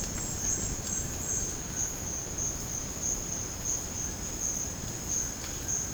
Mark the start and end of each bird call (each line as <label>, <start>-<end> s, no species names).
bird call, 0.00-1.94 s
bird call, 4.00-5.93 s